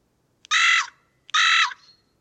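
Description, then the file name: Carrion crow giving two loud, raspy caws, with little else audible. "Corvus corone"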